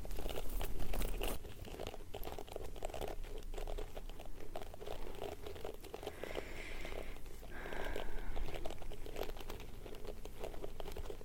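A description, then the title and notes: Close-up hand movements rustle and crinkle continuously, a dense layer of crisp crackles and soft crunches with no pauses. A low steady hum sits underneath, and brief faint tonal squeaks appear around the middle and again near eight seconds. ASMR Intense Layered Sounds + Closeup Hands movements.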